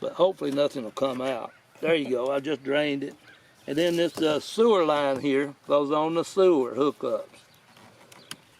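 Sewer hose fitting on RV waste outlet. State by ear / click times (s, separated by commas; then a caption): seated / 8.3 s. Someone talks while the plastic bayonet fitting of a sewer hose is pushed and twisted onto the black water outlet of a Coachman Nano Apex RV. The fitting is hard to lock, and a few faint knocks come just before it clicks and locks in place at 8.3 s.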